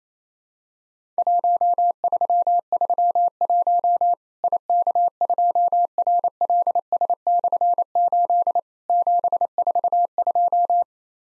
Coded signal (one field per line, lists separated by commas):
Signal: Morse code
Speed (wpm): 28 wpm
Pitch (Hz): 700 Hz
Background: none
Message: 1331 IK2RLS/8 742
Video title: Worked All Europe DX Contest QTC Exchange 28wpm